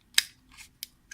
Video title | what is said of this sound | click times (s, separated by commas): Toyotron Electric Scooter Upgrades Number 16 - Precharge Relay | guy snaps into place there nicely | 0.2 s, 0.8 s